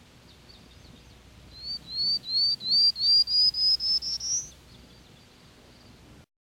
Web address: 101 Bird Songs. Prairie Warbler